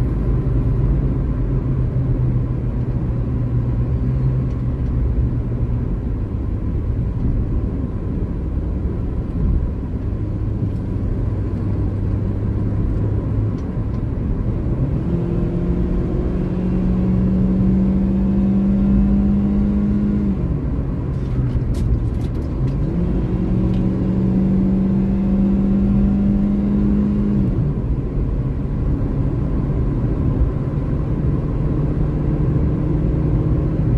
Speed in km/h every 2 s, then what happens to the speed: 98, 95, 82, 76, 74, 81, 82, 88, 96, 102, 88, 93, 99, 104, 109, 114, 118.
0-8 slows to 74. 8-17 speeds up to 102. 21-34 speeds up to 118.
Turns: none.